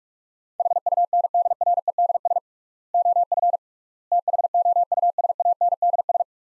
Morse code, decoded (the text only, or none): HUNDREDS OF THOUSANDS